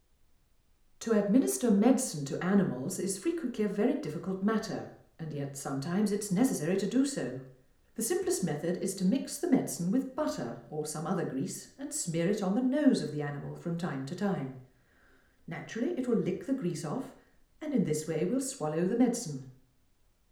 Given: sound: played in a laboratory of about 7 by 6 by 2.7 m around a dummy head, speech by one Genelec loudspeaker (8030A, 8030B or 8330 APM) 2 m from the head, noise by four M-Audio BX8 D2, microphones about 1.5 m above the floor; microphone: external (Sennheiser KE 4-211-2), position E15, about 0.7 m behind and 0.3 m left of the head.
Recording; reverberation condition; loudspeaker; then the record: female speech in English; medium; 150 degrees to the right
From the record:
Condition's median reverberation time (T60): about 510 ms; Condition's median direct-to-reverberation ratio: about -0.5 dB